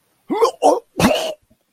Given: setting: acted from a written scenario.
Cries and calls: vocal sound without words; disgust

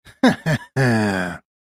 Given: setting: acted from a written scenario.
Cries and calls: vocal sound without words; pride

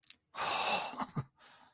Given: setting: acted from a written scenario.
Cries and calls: vocal sound without words; triumph

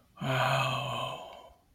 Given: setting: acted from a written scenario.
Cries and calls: vocal sound without words; awe

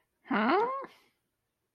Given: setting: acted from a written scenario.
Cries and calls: vocal sound without words; confusion

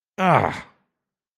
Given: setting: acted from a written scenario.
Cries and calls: vocal sound without words; pain

